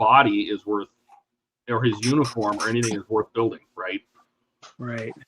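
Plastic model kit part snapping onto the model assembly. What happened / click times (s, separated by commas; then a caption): Only conversation is heard; no seating click occurs in this stretch / none. A plastic scale-model kit part is handled against its mating part on the model assembly during a live build while people talk back and forth. Nothing has seated or clicked yet; the part is not yet home when the clip ends.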